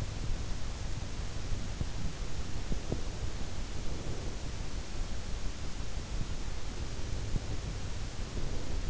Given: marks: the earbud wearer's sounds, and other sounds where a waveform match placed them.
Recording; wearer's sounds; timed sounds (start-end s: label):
sounds in sleep by an in-ear microphone; breath
2.83-4.49 s: breath
7.02-8.90 s: breath